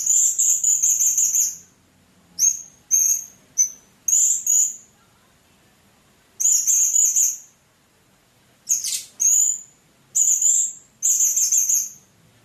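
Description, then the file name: Blue-crowned hanging parrot producing a series of sharp, high squeaky notes and longer buzzy bursts in quick irregular succession. "serindit"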